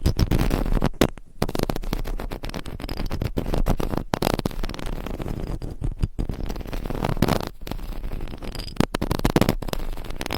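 Trigger sounds fill the clip: dense crinkling and scratching, broken by frequent sharp stops and brief silences. The texture stays crisp and full from low to bright, with a faint low rumble underneath.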